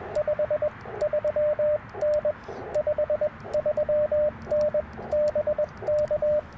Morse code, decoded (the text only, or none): 53N 53N BK